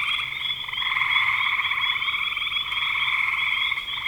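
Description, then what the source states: Frog chorus of dense, rapid pulsed trills overlapping into a constant rattling buzz. Frogs recorded in spring 2025.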